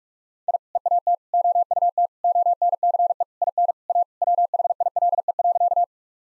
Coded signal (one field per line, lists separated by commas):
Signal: Morse code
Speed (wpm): 46 wpm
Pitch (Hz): 700 Hz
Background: none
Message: I EAT OUT ONCE IN A WHILE.